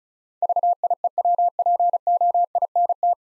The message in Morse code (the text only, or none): VIEWPOINT